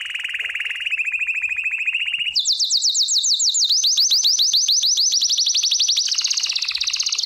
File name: american singer canary